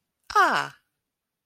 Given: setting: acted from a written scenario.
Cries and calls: vocal sound without words; realization

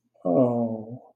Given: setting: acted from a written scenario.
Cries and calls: vocal sound without words; sympathy

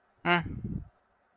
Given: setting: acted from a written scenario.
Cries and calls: vocal sound without words; neutral

